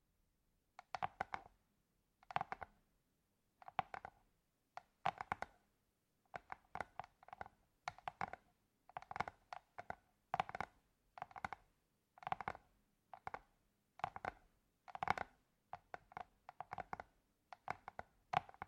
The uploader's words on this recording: ASMR Tapping For Sleep and Endless Tingles (No Talking).